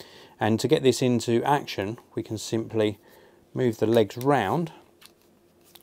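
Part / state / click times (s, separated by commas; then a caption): tripod leg into its hinge lock on the leg collar / seated / 5.8 s. Someone talks while the carbon fibre legs of a Vanguard VEO 3Go 265HCB travel tripod are swung round from their folded travel position into their open detents. The legs click into their hinge locks on the leg collar at about 5.8 s, seating the tripod open.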